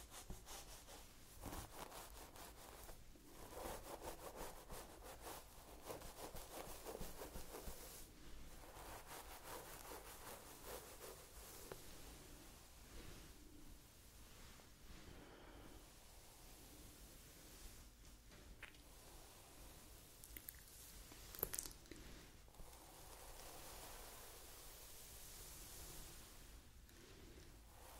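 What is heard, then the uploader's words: Hair being played with: soft, continuous rubbing and brushing strokes with a hissy, bright texture. The strokes come in irregular sweeps, with brief pauses near 3, 8 and 17 seconds. A sharper crackle stands out around 21 seconds, and a low steady hum runs underneath throughout. ASMR Playing with Your Hair.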